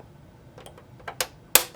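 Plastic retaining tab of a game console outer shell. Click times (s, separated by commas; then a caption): 1.5 s. The last plastic retaining tab on the outer shell of an Xbox 360 console is pushed in while tension is kept on the shell to open it for a repair of a DVD drive that will not open or read disks. Faint ticks near 0.6, 1.1 and 1.2 s lead up to a sharp, loud plastic click at 1.6 s, followed by a soft tap at 1.8 s. The tab releases and the shell comes apart without any tabs breaking.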